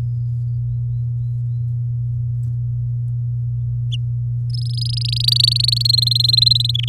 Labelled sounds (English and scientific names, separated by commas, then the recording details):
Domestic Canary (Serinus canaria) song
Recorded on 6 May 2018 at 05:42
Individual llb16